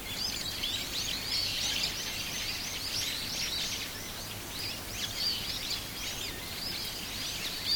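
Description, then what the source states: Bird chorus of many thin, high chirps blending into a continuous twittering wash, with constant background noise throughout. Temple area at Sannohe in spring.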